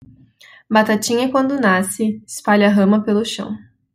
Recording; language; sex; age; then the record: short text; Brazilian Portuguese; female; 20 to 29 years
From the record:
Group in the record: control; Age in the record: 23 years